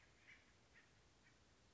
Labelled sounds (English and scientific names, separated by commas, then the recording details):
Acorn Woodpecker (Melanerpes formicivorus)
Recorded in Sonoma County, California